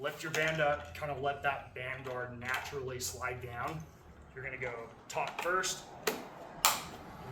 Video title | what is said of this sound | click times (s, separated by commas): NXT Autopulse training part 6 | You hear it click. | 6.1 s, 6.6 s